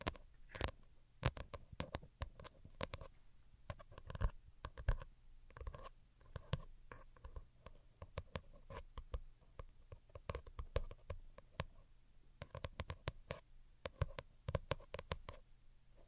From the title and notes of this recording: Most Delicate and Calming Tapping. (No Talking).